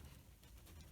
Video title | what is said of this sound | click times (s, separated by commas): 2018 VW Tiguan Gets New Fog Light Bulbs | and it doesn't really click into place now | none